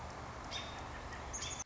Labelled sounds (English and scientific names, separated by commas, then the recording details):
American Robin (Turdus migratorius)
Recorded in Sonoma County, California